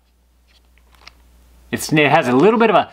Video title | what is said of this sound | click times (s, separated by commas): Best Kitchen Utensils? - trebonn Kitchen Utensils Unboxing & First Look Review | it like kind of snaps into place watch | 1.1 s